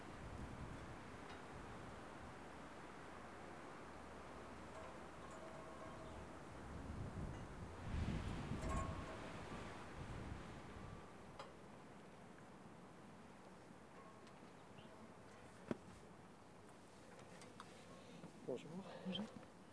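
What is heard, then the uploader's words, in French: Wind passes over the stones of the Dentelles de Montmirail in a steady low rush, swelling around eight seconds, with occasional sharp clicks later. Promenade dans le sud de la France, outils au poing; les bruits de l'appareil photo et de l'enregistreur s'invitent au coeur de matières sonores minérales et aériennes. Inlassablement on écoute le chant des pierres des Dentelles de Montmirail et du vent qui passe haut.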